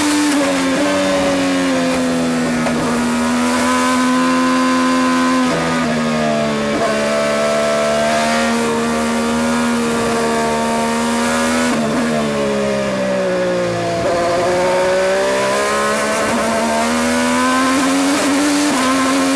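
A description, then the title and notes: In-car audio of a race car: a loud, close engine note that climbs steadily through each gear, then drops sharply at shifts around 2.5, 5.5, 12 and 14 seconds before rising again. The engine dominates throughout, with a constant rushing wind and road noise underneath. Scott Dixon, Dallara-Honda IndyCar In-Car Audio, COTA. During practice for the inaugural IndyCar Classic event at Circuit of The Americas. Navigates the tricky 20-turn road course in his twin-turbo V6-powered Honda entry.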